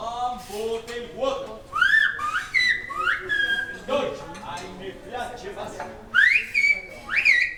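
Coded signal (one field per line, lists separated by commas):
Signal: whistled language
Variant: Silbo Gomero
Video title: Silbo Gomero - гомерский свист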